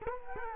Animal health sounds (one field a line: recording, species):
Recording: mosquito wingbeat signal from an infrared sensor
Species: Culex quinquefasciatus